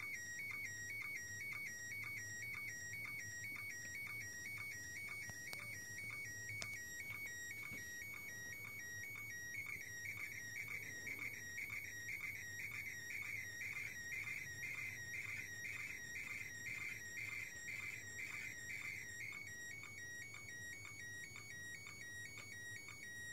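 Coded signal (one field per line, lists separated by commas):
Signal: SSTV (slow-scan television)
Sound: steady warbling high tones switching between two pitches about twice a second, with soft ticks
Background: radio static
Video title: SSTV from ISS - International Space Station - 8th Dec 2017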